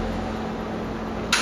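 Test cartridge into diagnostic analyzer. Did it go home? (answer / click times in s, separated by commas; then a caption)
yes / 1.3 s. A test cartridge for a point-of-care cardiac diagnostic analyzer used for heart failure diagnostics is pushed into the instrument's slot over a steady background hum. A sharp, bright click at 1.3 s signals that the cartridge has locked in place, confirming it is seated.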